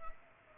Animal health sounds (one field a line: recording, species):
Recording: mosquito wingbeat signal from an infrared sensor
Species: Culex pipiens